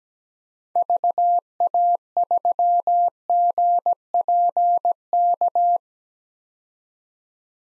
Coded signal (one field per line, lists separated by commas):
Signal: Morse code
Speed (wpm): 17 wpm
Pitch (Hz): 700 Hz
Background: none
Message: VA3GPK